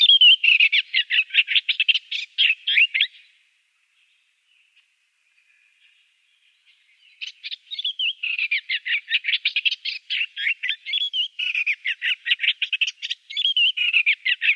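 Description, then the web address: Eastern olivaceous warbler song: two long runs of fast, scratchy chattering notes separated by a few seconds of near silence. "Schulze Peter Eastern Olivaceous Warbler"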